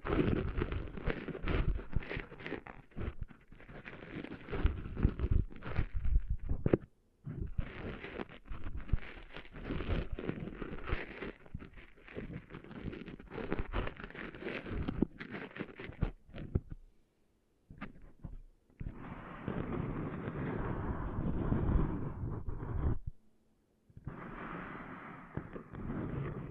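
Gritty scratching and rubbing of sand being cleaned out of ears, made of dense crackly strokes that run nearly continuously for the first 17 seconds. After a few brief silent gaps, two longer, smoother stretches of steady rustling follow, separated by a short pause.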